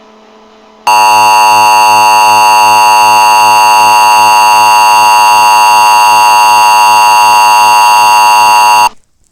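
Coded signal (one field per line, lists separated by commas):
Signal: Emergency Alert System (SAME) tones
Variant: 853 and 960 Hz attention tone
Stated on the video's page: Simulated EAS scenario, heat wave, not a real alert.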